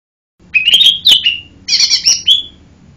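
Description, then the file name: Lesser green leafbird giving a short run of rising whistled notes, then a grating buzzy note and a final whistle. "cucak hijau mini. omkicau"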